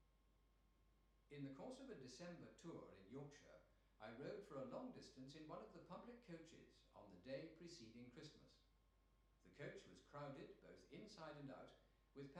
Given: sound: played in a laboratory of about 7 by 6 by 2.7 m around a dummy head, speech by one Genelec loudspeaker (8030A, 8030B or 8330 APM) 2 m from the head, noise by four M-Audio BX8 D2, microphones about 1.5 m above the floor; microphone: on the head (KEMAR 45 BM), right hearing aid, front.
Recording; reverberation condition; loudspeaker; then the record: male speech in English; medium; behind (180 degrees)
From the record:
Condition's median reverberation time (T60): about 510 ms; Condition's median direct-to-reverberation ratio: about -0.5 dB